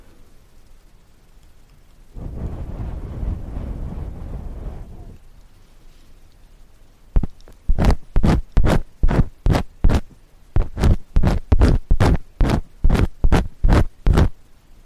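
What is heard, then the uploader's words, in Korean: Ear cleaning with a fluffy-tipped ear pick. A soft, low rustle runs from about two to five seconds, then after a quiet gap come quick, crisp scratching strokes, roughly two per second, with one brief pause near ten seconds. 솜털귀이개로 귀청소.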